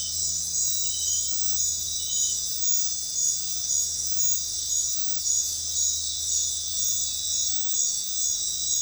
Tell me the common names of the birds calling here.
none